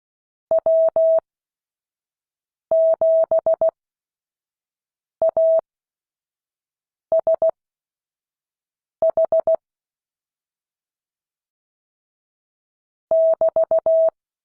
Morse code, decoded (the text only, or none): W7ASH <BT>